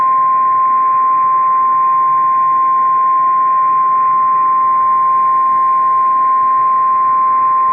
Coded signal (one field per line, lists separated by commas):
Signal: Emergency Alert System (SAME) tones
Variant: 1050 Hz attention tone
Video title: Severe Thunderstorm Warning #2 - 08/11/23 (EAS #2,839)